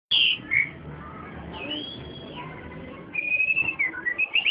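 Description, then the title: Oriental magpie-robin song: a few bright whistles, a short lull with a faint drawn-out note, then a quick jumble of sweet whistled notes. Chirping song. "Kicau Kacer"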